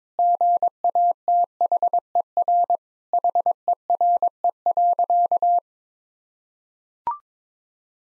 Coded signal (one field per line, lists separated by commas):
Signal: Morse code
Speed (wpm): 22 wpm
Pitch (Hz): 700 Hz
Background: none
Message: GATHER HERE.